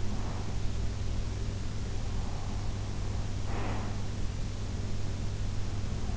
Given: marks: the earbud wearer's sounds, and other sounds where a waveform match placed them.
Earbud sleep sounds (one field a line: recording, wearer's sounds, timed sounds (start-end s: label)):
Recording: sounds in sleep by an in-ear microphone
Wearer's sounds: breath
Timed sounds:
0.00-0.78 s: breath
3.38-4.03 s: breath